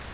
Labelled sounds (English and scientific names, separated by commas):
Virginia's Warbler (Leiothlypis virginiae) flight call